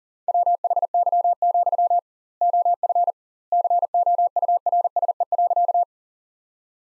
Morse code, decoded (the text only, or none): WHY, OF COURSE.